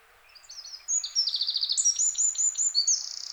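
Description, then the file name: Eurasian wren song: a loud, rapid run of high trills and sharp notes after a quiet start, continuing for over two seconds. "Troglodytes troglodytes"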